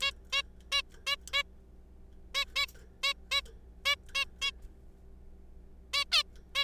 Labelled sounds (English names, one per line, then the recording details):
Zebra Finch
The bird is a juvenile
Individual R3428